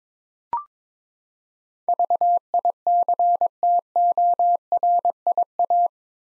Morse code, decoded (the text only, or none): VICTORIA